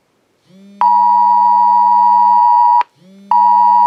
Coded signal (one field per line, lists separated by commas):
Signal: Emergency Alert System (SAME) tones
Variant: 853 and 960 Hz attention tone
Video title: UK TESTS EMERGENCY ALERT SYSTEM